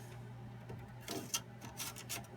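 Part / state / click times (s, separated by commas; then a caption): clip-on plastic part into server chassis holes / partly seated / 1.3 s. A clip-on plastic part is pushed into the holes of a PowerEdge SC1430 server chassis over a steady low hum, with scraping plastic sounds and a sharp click at 1.4 seconds. Softer rubbing follows. The part is still not fully seated, and its top clip has not engaged.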